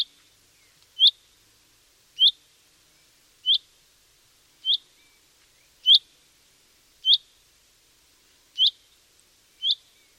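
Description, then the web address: Common chaffinch: crisp, high single call notes repeated about once every second or so, eight or nine in all, over a quiet background. Bird sound only. "Deverinetal"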